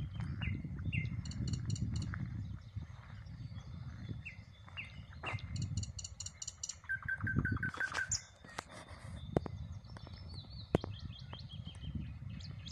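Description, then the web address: Common nightingale song: phrases of quick repeated notes and high buzzy trills that pause and restart, over a steady low rumble. "rossignol ordinaire chant du rossignol"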